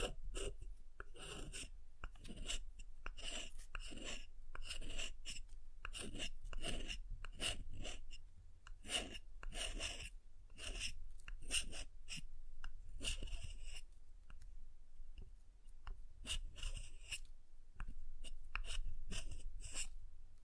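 Tapping on soap and carving into it, a dense run of short scraping and tapping strokes that continues throughout the 20 seconds. The strokes are brisk and fairly regular, bright and rasping, with brief pauses around 4, 8 and 15 seconds.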